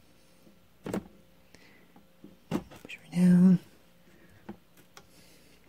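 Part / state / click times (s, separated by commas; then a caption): RAM module into motherboard DIMM slot / not seated / none. A RAM module is placed into a different DIMM slot on a motherboard and lined up before pressing. Small contact sounds follow, then someone talks briefly. Nothing has seated or clicked yet.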